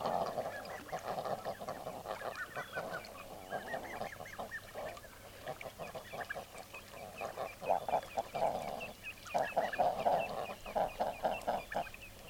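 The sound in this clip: Common eider flock calling steadily, with nasal cooing and honking notes that grow louder and more pulsed toward the end.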